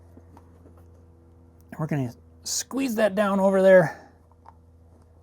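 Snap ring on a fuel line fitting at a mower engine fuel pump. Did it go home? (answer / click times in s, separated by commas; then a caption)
partly / 4.3 s, 4.5 s. A snap ring is squeezed down over a fuel line fitting at the fuel pump of a Kohler 16HP engine on a John Deere LT160 mower during a fuel pump replacement. Someone talks, then small ticks are heard at 4.3 s and 4.5 s. Only one side of the fitting locks in, so the second side still has to be done.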